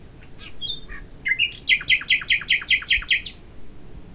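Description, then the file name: Common nightingale song: soft introductory notes building into a loud, evenly repeated series of rich chattering notes. "Luscinia megarhynchos"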